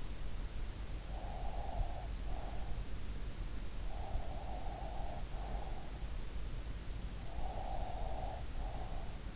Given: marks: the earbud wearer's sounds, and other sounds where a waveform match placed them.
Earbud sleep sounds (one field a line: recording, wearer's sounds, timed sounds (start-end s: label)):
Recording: sounds in sleep by an in-ear microphone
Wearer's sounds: breath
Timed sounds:
1.03-3.03 s: breath
3.83-5.92 s: breath
7.04-9.36 s: breath